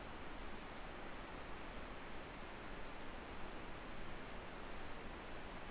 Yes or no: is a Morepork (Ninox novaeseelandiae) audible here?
no